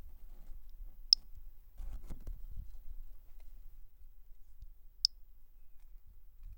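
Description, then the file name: Three-toed pumpkin toadlet calling with two brief, high clicking notes roughly four seconds apart, with soft low rumbles and near-quiet between them. Collected individual, catalogued CFBH, recorded by M. R. Bornschein. "Brachycephalus tridactylus individual collected CFBH-individual by MR Bornschein"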